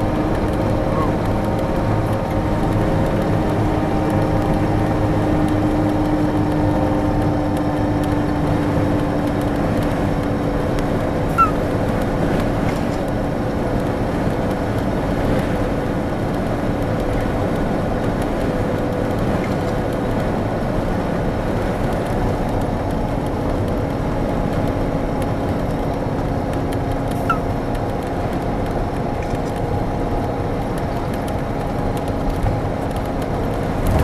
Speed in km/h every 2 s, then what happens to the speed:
94, 93, 92, 90, 88, 87, 87, 87, 88, 88, 88, 87, 86, 86, 84, 83, 84.
0-9 slows to 87. 9-34 steady at about 87.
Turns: none.